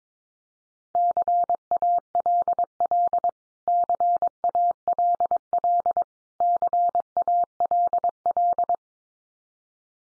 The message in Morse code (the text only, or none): CALL CALL CALL